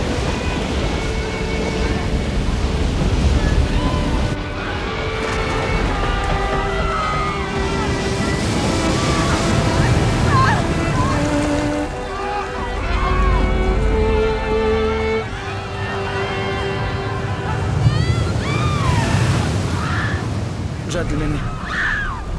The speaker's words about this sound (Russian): В сторону кормы Титаника. Парадные лестницы и холл полностью заполняются водой.